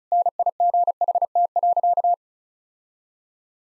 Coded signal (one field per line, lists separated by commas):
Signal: Morse code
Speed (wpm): 36 wpm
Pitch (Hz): 700 Hz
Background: none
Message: NIGHT.